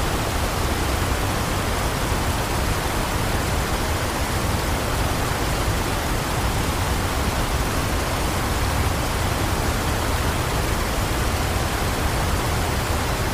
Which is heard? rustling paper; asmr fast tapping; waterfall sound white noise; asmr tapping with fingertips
waterfall sound white noise